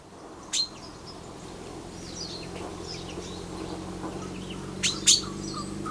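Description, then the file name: Common chaffinch giving a sharp, short call near the start and a double note near the end, with faint chirps and a steady low hum throughout. "Fringilla coelebs"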